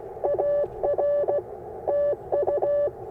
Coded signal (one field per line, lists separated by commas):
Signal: Morse code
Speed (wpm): 21 wpm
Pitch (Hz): 590 Hz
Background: none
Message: AR TU